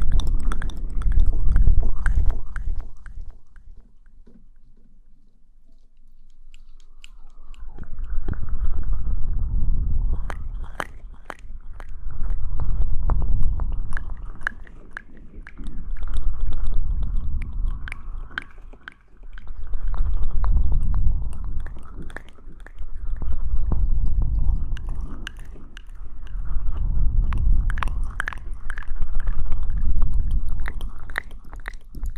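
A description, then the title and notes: Mouth sounds in slow, swelling waves, with wet clicks and smacks riding on low, breathy rumbles that rise and fade about every five to seven seconds. A near-silent gap comes around four to seven seconds, then the chewing-like rhythm returns and keeps pulsing to the end. Mouth Sounds.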